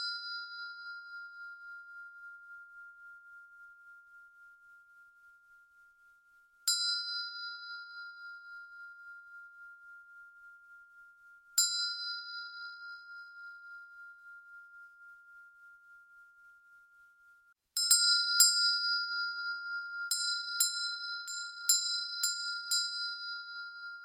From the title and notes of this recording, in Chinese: 西藏頌缽 脈輪淨化。西藏頌缽的共鳴。